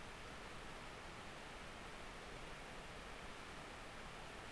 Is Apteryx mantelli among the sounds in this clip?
no